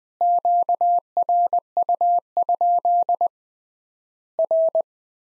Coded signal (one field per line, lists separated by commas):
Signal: Morse code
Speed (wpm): 21 wpm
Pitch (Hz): 700 Hz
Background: none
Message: QRU? R